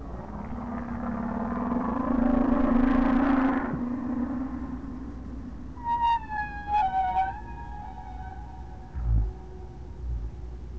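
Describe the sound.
Whale calls: a long low droning moan in the first seconds, then higher tonal whistles with harmonics that descend briefly around the middle, over steady low background rumble.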